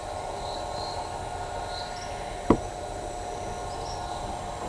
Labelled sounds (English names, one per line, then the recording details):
Tropical Kingbird
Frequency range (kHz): Tropical Kingbird 4.5-5.9 kHz
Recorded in shrubland near Pivijay, Magdalena, Colombia, on 17 April 2023 at 10:30
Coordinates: 10.453, -74.365
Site P5-G022